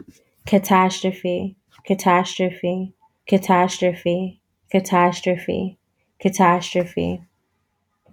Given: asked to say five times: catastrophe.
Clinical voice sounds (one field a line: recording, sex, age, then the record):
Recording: repeated word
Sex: female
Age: 30 to 39 years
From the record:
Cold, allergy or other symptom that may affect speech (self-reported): no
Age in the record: 30 years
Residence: Florida, United States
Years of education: 12